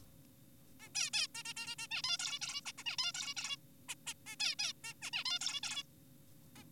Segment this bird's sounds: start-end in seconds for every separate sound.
0.80-0.89, 0.95-1.10, 1.14-1.27, 1.35-1.43, 1.45-1.53, 1.57-1.75, 1.79-1.88, 1.92-2.02, 2.04-2.18, 2.20-2.39, 2.42-2.61, 2.66-2.72, 2.78-2.84, 2.86-2.97, 2.98-3.12, 3.14-3.34, 3.37-3.56, 3.89-3.95, 4.07-4.13, 4.26-4.36, 4.40-4.55, 4.59-4.73, 4.84-4.94, 5.02-5.11, 5.13-5.24, 5.26-5.39, 5.41-5.60, 5.63-5.83, 6.56-6.64